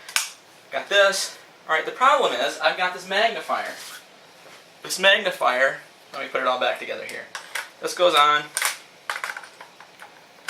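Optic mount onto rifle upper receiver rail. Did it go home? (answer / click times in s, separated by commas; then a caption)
yes / 10.5 s. Someone talks while reassembling an optic setup with a magnifier on an Adams Arms AR-15, fitting a sight mount onto the rifle's upper receiver rail. A few sharp handling taps come around 9.1 to 9.4 seconds. The mount snaps into place on the rail with a sharp click at 10.5 seconds.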